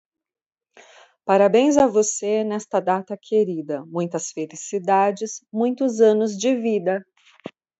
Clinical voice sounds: short text; Brazilian Portuguese; female; 40 to 49 years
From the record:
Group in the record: control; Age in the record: 40 years

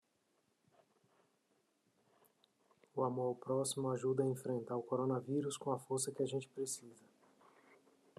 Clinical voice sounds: spoken sentence; Brazilian Portuguese; male; 40 to 49 years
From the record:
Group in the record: control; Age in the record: 43 years

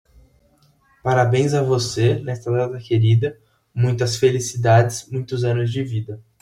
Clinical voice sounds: short text; Brazilian Portuguese; male; 20 to 29 years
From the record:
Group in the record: control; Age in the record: 24 years

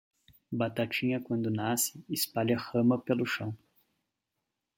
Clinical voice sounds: short text; Brazilian Portuguese; male; 30 to 39 years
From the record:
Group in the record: control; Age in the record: 31 years

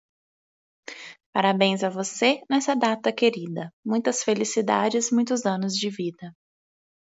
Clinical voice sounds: short text; Brazilian Portuguese; female; 30 to 39 years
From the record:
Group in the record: control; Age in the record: 31 years

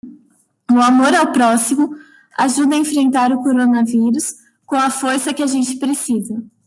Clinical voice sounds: spoken sentence; Brazilian Portuguese; female; 20 to 29 years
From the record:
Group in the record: control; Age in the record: 29 years

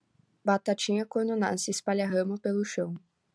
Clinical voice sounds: short text; Brazilian Portuguese; female; 18 to 19 years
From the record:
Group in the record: control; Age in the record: 19 years

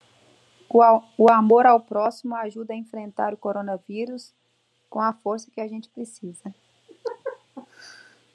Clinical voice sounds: spoken sentence; Brazilian Portuguese; female; 20 to 29 years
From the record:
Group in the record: control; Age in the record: 29 years

